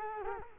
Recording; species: mosquito wingbeat signal from an infrared sensor; Culex quinquefasciatus